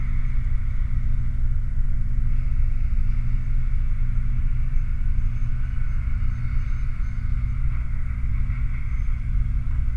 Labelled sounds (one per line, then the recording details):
man-made sound
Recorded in the Prudhoe Bay oil fields, Alaska, on 21 July 2019 at 22:24
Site 29